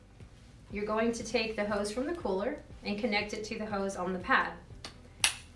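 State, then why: Seated. Someone talks while the hose from an Omni Ice Pulse compression cold therapy cooler is pushed into the plastic quick-connect coupling on the therapy pad's hose. A faint tap at 4.9 s is followed by a sharp click at 5.2 s as the coupling seats and locks securely.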